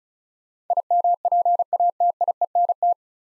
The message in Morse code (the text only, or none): IMPATIENT